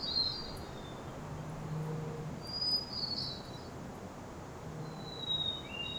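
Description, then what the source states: Hermit thrush song, ethereal whistled phrases at shifting pitches spaced about two and a half seconds apart, over a continuous roar and a faint low hum. Recorded at the lighthouse in Ucluelet.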